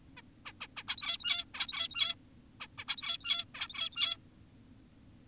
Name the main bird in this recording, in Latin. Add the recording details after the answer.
Taeniopygia guttata. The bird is an adult. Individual g17y2U